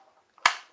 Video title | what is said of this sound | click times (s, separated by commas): 212 Vip Men This Is A Private Party NYC | a magnetic top you can hear click | 0.5 s